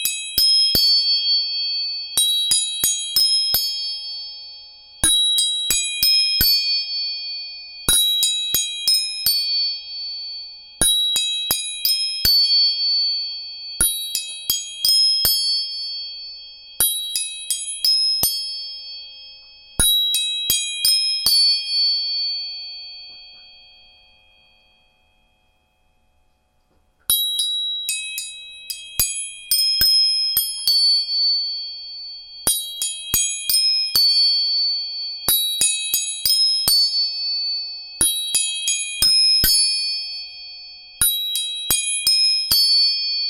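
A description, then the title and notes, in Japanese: Tuning forks are struck again and again, each strike a sharp metallic ping ringing out with bright, high overtones that fade between hits. Strikes come every second or two, with a quiet gap of several seconds midway before the striking resumes. 音叉チューニング全体性。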